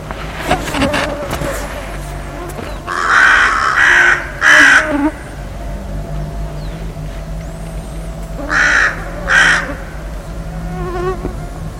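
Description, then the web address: Bird calling with harsh caws in two clusters, three then two, over a steady rumbling background with scattered knocks and faint chirps. "cianscape. 2025. Bird Only"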